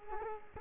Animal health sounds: mosquito wingbeat signal from an infrared sensor; Culex quinquefasciatus

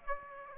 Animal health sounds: mosquito wingbeat signal from an infrared sensor; Aedes aegypti

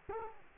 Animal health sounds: mosquito wingbeat signal from an infrared sensor; Culex quinquefasciatus

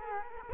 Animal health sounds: mosquito wingbeat signal from an infrared sensor; Culex quinquefasciatus

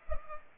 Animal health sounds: mosquito wingbeat signal from an infrared sensor; Culex pipiens

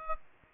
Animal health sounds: mosquito wingbeat signal from an infrared sensor; Aedes aegypti

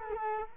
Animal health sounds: mosquito wingbeat signal from an infrared sensor; Culex quinquefasciatus

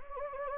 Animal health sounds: mosquito wingbeat signal from an infrared sensor; Anopheles gambiae

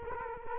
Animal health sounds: mosquito wingbeat signal from an infrared sensor; Culex quinquefasciatus

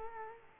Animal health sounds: mosquito wingbeat signal from an infrared sensor; Culex quinquefasciatus

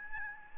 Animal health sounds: mosquito wingbeat signal from an infrared sensor; Aedes albopictus

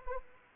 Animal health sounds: mosquito wingbeat signal from an infrared sensor; Anopheles arabiensis

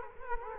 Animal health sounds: mosquito wingbeat signal from an infrared sensor; Culex quinquefasciatus

